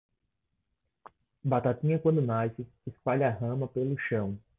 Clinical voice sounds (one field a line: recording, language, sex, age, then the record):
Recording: short text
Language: Brazilian Portuguese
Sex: male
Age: 20 to 29 years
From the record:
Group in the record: control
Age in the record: 26 years